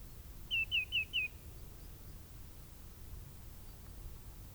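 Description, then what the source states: Bird calls: one quick run of four high, clipped, downslurred chirps, then only a low, steady background hum. Migrating at dusk.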